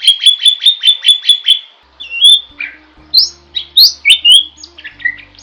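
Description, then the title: Bird song: a fast burst of sharp chirps, then varied whistled and squeaky notes, with a faint low hum in the latter part. Masteran recording used for training songbirds. "Master Burung Jos"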